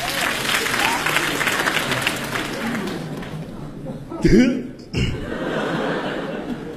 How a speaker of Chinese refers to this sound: 感谢大家对我们的掌声， 谢谢您。